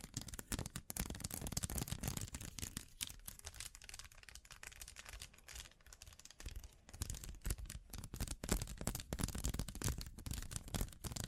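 Bling trigger sounds: a dense run of quick, crisp clicks and rattly taps, like small hard trinkets being handled and shuffled. The clatter eases to a softer, sparser patch from about three to seven seconds, then turns busy and bright again to the end.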